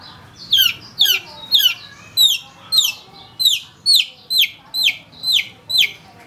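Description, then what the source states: Long-tailed shrike song, eleven harsh, downward-sweeping high notes repeated steadily about twice a second. Used for training songbirds by bird keepers.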